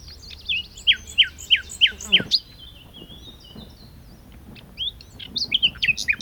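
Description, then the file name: Common nightingale song, a run of five sharp descending whistled notes, a pause with background chatter, then quick varied twittering phrases. "Luscinia megarhynchos"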